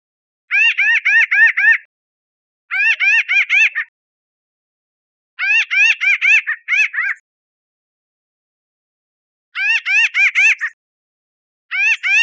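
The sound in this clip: Pinyon jay call series: runs of several nasal, buzzy notes in rapid rhythm, repeated in bursts separated by short pauses.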